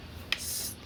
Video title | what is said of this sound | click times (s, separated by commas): UTG L96 Review | you have to make sure you pull it back till you hear the click | 0.3 s